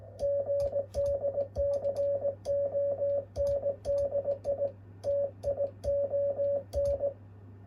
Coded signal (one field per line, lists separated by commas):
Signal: Morse code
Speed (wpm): 19 wpm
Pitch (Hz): 560 Hz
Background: none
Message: GD CONDITION